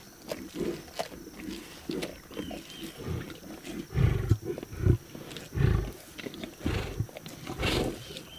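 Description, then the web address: Lion roaring, a series of deep grunts that grow louder around the middle, with faint background hiss. "big cats|lions"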